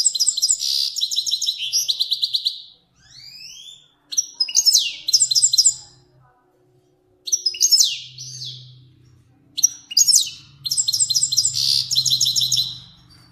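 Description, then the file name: Finch song of fast, high chattering trills and downward slurs in repeated phrases, with a soft low rumble underneath. Kermani finch. "sound finch kermani long"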